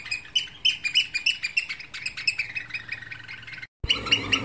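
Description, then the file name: Eurasian oystercatcher giving rapid, shrill piping notes in a dense overlapping series, several per second, briefly cut off near the end before resuming. "austernfischer"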